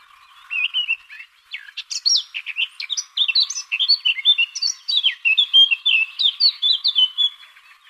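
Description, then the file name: Eurasian blackcap song: a rich, varied warbling of quick fluty notes, with a steady low hum underneath. "Sylvia atricapilla"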